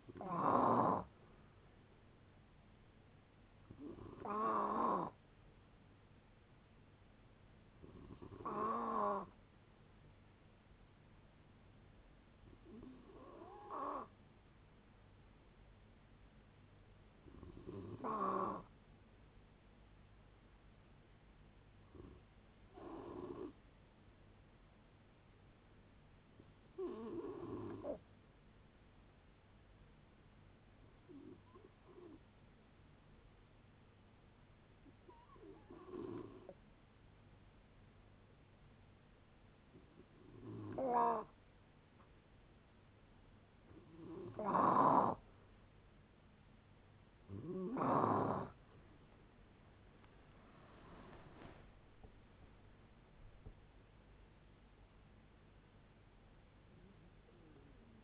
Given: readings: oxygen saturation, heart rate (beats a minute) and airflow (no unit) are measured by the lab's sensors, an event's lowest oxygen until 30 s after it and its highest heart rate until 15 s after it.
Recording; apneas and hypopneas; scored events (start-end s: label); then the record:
a person awake in a sleep study, by a voice recorder at the bedside; none
0.00-58.04 s: awake
0.00-58.04 s: awake
From the record:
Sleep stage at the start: awake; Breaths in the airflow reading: 24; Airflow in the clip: -0.7 to 0.7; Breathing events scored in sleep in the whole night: 496 in 5.4 hours asleep